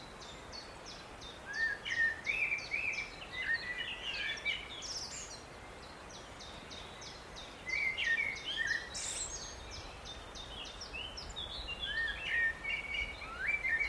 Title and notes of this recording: a wooded Welsh valley to hear redstarts and song thrushes. The song of one of our migrant birds, the redstart, plus backing singing from chiffchaffs, blackcaps, song thrushes and blackbirds